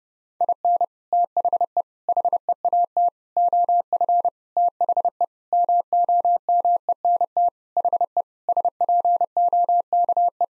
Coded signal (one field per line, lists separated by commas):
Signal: Morse code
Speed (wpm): 32 wpm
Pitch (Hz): 700 Hz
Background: none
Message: IN THE HEAT OF THE MOMENT HE SPOKE